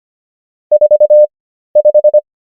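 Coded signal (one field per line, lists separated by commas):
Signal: Morse code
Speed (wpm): 25 wpm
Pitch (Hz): 600 Hz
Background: none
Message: 45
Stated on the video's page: Morse number practice at 25 wpm character speed and 13 wpm word speed (Farnsworth spacing).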